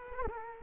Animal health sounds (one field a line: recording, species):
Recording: mosquito wingbeat signal from an infrared sensor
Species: Culex quinquefasciatus